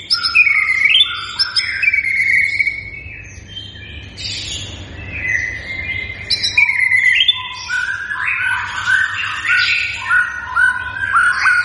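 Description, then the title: White-rumped shama delivering varied whistled and warbling phrases, with a quieter stretch midway. Lure recording of a strongly singing (gacor) white-rumped shama, used to make birds respond. "PANCINGAN MURAI BATU GACOR, SEKALI DENGAR LANGSUNG RESPON"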